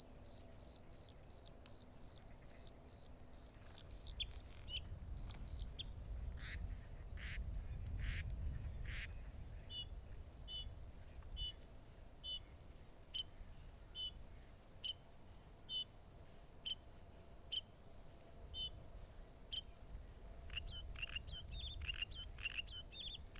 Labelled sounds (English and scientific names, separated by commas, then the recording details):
Bluethroat (Luscinia svecica) song
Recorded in the wild
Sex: male
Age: adult
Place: Gartz (Oder), Nationalpark Unteres Odertal, Brandenburg, DE
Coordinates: 53.1328, 14.3545
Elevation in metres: 1
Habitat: wetland
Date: 2016-04-19 20:48
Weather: clear, 8°C, changing wind
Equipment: Sound Devices 702, Sennheiser MKH 70, Rycote Windschutz
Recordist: Frommolt, Karl-Heinz